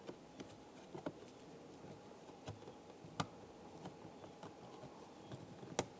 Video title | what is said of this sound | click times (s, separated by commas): How to Replace Door Panel Light Bulb 1995-2001 Ford Explorer | install your front tabs first and then snap in the back | 3.2 s, 5.8 s